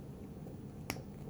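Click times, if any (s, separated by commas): 0.9 s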